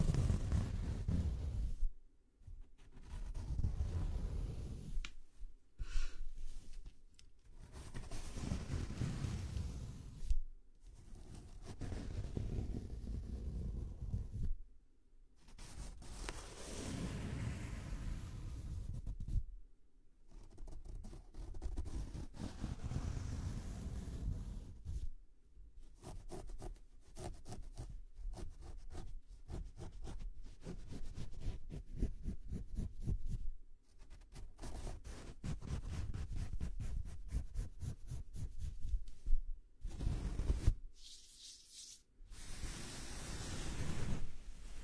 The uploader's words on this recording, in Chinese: 为弟弟做头部肩部按摩。